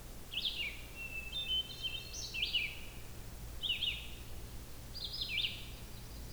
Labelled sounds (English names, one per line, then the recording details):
Red-eyed Vireo song
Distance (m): 35 m
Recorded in boreal forest in Alberta, Canada, on 16 June 2016 at 07:02
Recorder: SongMeter 3, array SBT-3-32
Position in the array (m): 38 m, 8 m